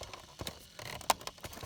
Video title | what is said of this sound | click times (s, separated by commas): Ford Focus cluster removal, refurb + refit Immo fault, no crank, no start guide how to repair U1900 | it clicks it clicks | 1.1 s